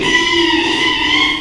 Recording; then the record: squeal of a Yucatan mini pig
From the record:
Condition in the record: after surgery on the right vocal fold (resection and tissue-engineered implant); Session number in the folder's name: 1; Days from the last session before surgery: 6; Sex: male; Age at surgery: 12 weeks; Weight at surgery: 13 kg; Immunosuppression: cyclosporine, prednisolone